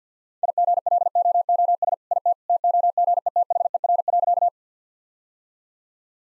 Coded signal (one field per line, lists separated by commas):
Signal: Morse code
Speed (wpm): 50 wpm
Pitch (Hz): 700 Hz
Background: none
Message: IGLOOS IT TOGETHER.